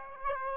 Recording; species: mosquito wingbeat signal from an infrared sensor; Aedes aegypti